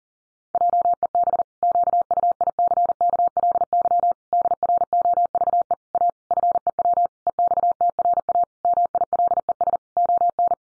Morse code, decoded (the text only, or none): JEB QUICKLY DROVE A FEW EXTRA MILES ON